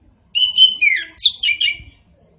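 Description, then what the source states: Orange-headed thrush sings a continuous run of clear whistles and slurred, chattering notes, varied in pitch, lasting about two seconds. Local names Anis Kembang and Punglor Kembang; the bird is described as gacor and ngeplong in its singing.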